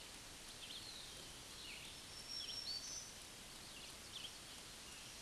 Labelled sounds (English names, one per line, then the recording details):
Black-throated Green Warbler song
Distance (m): 55 m
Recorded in a Pennsylvania forest on 20 May 2023 at 06:23
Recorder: AudioMoth, point grid1_33_low
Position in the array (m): 102 m, 159 m